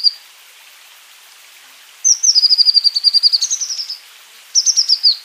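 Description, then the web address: Azure tit song: a long rapid trill of high repeated notes lasting about two seconds, followed by a shorter burst of similar notes. "wroblowe ptaki cyanistes cyanus"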